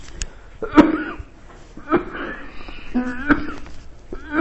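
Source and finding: Adult man. Cough.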